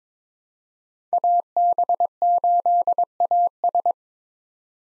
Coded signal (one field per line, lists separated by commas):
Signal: Morse code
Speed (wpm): 22 wpm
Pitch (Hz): 700 Hz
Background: none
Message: AB8AS